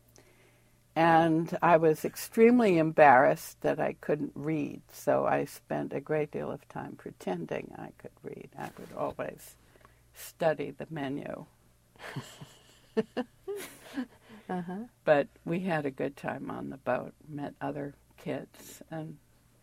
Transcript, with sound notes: And — I was extremely embarrassed that I couldn't read, so I spent a great deal of time pretending I could read. I would always — study the menu.
(Laughs) Uh huh.
But we had a good time on the boat. We met other kids and